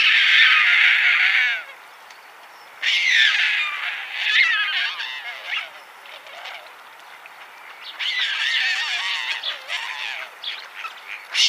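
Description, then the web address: White stork nestlings begging with harsh, wheezy, squealing calls in loud bursts of a second or more, separated by quieter pauses. "White Stork nestlings"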